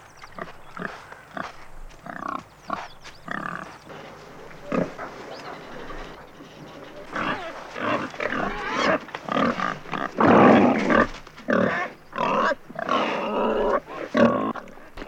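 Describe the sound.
Wild boar giving harsh grunts and squealing calls in irregular bursts, with a quieter stretch around four to seven seconds and growing busier and louder toward the end.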